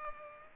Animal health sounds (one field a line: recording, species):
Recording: mosquito wingbeat signal from an infrared sensor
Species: Culex pipiens